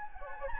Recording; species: mosquito wingbeat signal from an infrared sensor; Anopheles gambiae